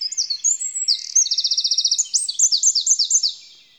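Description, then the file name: Eurasian wren song, a loud, very high and rapid outpouring of sharp notes with a fast even trill in the middle and a run of repeated downslurred notes at the end. "Troglodytes troglodytes"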